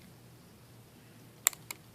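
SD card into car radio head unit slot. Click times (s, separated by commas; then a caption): 1.5 s. An SD card is pushed into the front card slot of a newly installed radio head unit in a 2003 WRX. After a quiet, steady low hum, a sharp click at 1.5 s marks the card popping in and seating, followed by fainter ticks at 1.7 s and 2.0 s.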